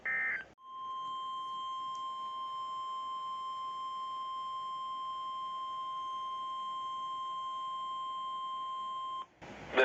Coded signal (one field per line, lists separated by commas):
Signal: Emergency Alert System (SAME) tones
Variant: 1050 Hz attention tone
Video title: EAS alerts on 3/3/2023